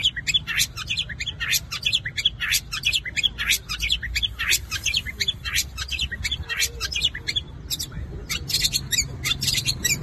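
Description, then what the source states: Long-tailed shrike giving a dense, fast chatter of sharp, high notes without pause. Combination song.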